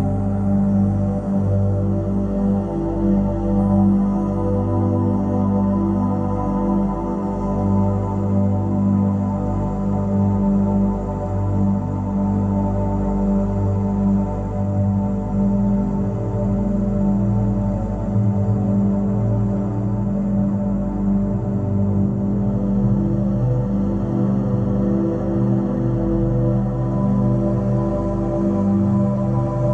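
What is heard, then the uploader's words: A Solfeggio frequency drone at 174Hz, a low sustained hum built from layered steady tones that hold without a break for the whole half minute. The loudness stays level throughout, with a slow gentle wavering in the low tones and a faint airy hiss above. Pain Relief Sounds - Solfeggio Frequency 174Hz.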